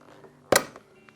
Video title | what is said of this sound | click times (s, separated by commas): How to Use and Assemble Your TECMEN FreFlow PAPR Respirator Unit | in its place and then just push down make sure it's clipped in | 0.6 s